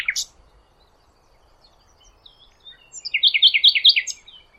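Bird calls, one sharp note at the start, then after a pause a fast, buzzy chattering series of repeated notes near the end.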